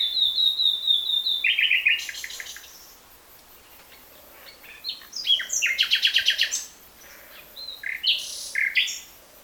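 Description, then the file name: Common nightingale singing: a steady whistled note into a quick trill, a pause, then dense bursts of varied chirps and clicks. "Luscinia megarhynchos"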